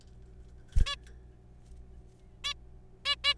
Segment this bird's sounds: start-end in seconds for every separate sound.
0.86-0.95, 2.44-2.53, 3.05-3.15, 3.24-3.34